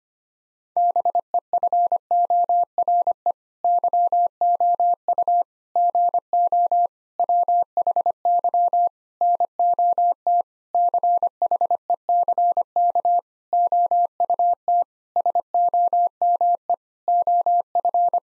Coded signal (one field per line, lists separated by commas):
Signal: Morse code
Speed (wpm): 25 wpm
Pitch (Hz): 700 Hz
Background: none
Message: BEFORE YOU GO WHY NOT CHECK OUT SOME OF